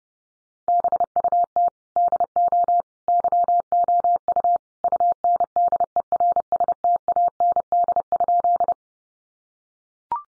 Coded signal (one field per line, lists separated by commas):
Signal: Morse code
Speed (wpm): 30 wpm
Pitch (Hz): 700 Hz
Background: none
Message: BUT DO YOU UNDERSTAND?